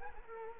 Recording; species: mosquito wingbeat signal from an infrared sensor; Culex quinquefasciatus